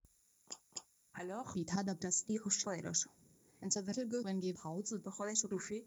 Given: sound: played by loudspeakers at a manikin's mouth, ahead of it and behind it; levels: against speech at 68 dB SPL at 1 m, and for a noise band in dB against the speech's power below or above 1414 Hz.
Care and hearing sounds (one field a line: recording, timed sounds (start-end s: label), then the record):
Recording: test signals for a remote microphone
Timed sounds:
0.50 s: click
0.75 s: click
1.13-5.86 s: speech test signal (ISTS)
From the record:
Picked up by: remote microphone A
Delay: 47 ms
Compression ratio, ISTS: 4.90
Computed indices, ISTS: SII 0.993, HASPI 0.999, HASQI 0.497 (non-linear 0.574, linear 0.866), ESTOI 0.858